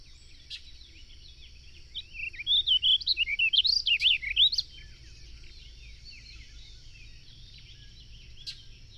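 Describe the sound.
Bird song: a brief burst of rapid, high, zigzagging whistled notes lasting about two and a half seconds.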